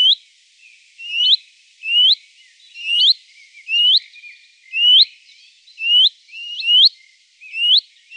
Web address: Faglar Sound Lovsagare